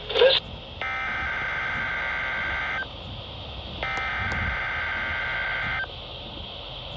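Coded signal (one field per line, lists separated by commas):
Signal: Emergency Alert System (SAME) tones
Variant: header bursts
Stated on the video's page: Tones received on a WR120 weather radio.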